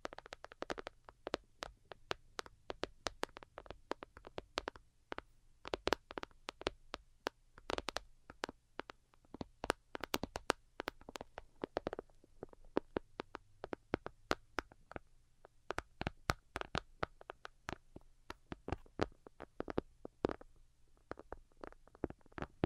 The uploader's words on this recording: Most Delicate and Calming Tapping. (No Talking).